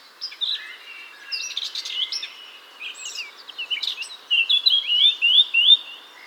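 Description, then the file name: Eurasian blackcap song, a soft scratchy warble that ends in a loud series of repeated flute-like slurred whistles. "Sylvia atricapilla"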